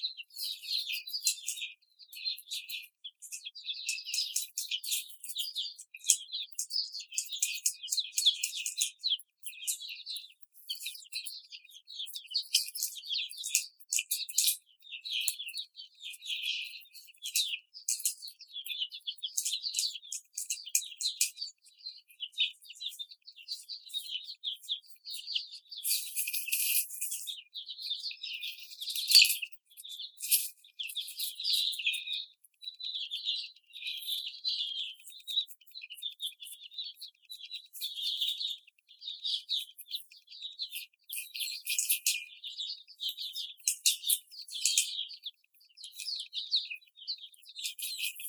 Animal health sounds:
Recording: young laying hens in a cage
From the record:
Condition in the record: after the stressor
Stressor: simulated dog barking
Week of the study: 4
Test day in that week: 2

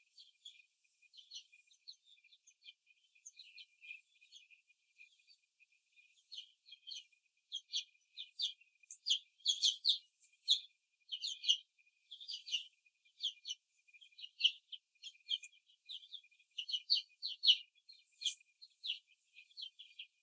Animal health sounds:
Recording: young laying hens in a cage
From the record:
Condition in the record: after the stressor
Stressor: simulated dog barking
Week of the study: 2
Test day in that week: 2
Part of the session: 2

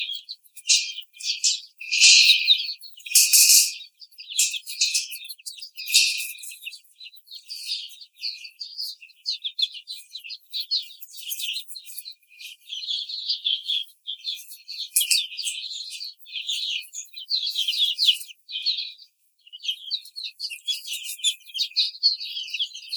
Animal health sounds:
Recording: young laying hens in a cage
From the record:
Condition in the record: treatment cage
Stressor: simulated dog barking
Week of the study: 5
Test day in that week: 1

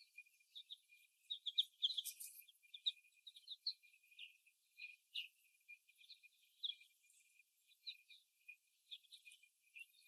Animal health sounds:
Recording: young laying hens in a cage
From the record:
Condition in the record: before the stressor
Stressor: simulated dog barking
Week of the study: 1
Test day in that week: 1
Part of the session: 1

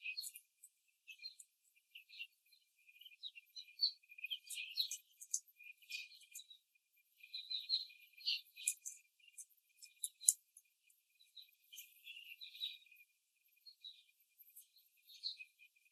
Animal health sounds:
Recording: young laying hens in a cage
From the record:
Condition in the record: after the stressor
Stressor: simulated dog barking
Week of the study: 3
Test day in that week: 1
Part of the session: 2

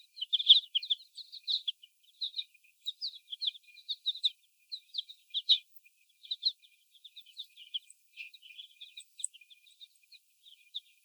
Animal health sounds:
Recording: young laying hens in a cage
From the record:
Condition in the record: before the stressor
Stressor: sudden umbrella opening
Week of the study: 1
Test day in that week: 1

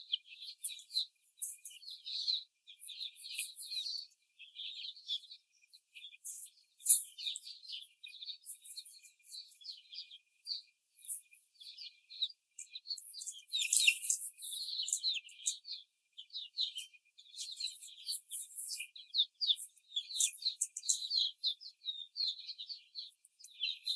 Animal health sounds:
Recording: young laying hens in a cage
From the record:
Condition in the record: before the stressor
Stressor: simulated dog barking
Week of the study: 4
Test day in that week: 3

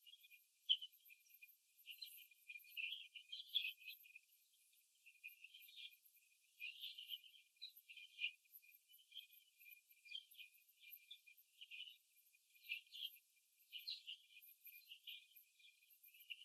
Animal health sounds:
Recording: young laying hens in a cage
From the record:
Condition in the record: before the stressor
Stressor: simulated dog barking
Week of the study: 2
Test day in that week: 3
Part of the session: 1

